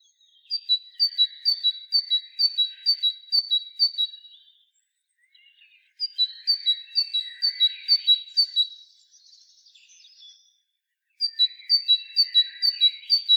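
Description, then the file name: Great tit singing three bursts of a ringing, high two-note phrase, each repeated rapidly several times, with brief pauses between bursts. "Parus major"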